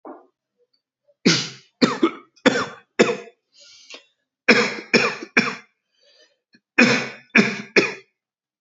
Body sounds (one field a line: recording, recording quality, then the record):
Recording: shallow voluntary cough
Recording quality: excellent, no background noise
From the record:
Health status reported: healthy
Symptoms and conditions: none ticked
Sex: male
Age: 44 years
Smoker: not ticked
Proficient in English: yes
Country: India